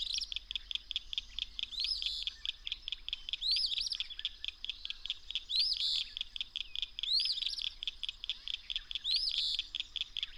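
Bird song: a rising, slurred whistle ending in a short buzzy burst, repeated several times over a steady, rapid ticking chatter.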